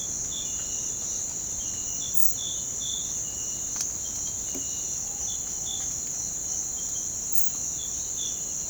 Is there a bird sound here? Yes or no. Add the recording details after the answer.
no. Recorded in pastures near Puerto Asís, Putumayo, Colombia, on 25 June 2025 at 05:30. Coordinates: 0.472, -76.331. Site G095